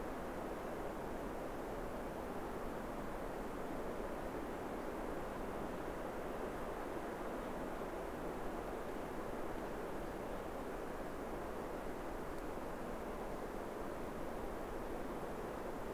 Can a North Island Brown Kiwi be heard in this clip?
no